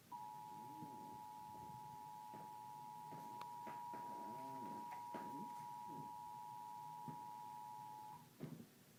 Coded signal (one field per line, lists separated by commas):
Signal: Emergency Alert System (SAME) tones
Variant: 853 and 960 Hz attention tone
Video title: Required Monthly Test EAS for the State of Oregon